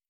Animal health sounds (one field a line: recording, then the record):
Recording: hydrophone in a shrimp aquaculture tank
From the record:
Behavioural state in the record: stressed